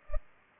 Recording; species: mosquito wingbeat signal from an infrared sensor; Culex pipiens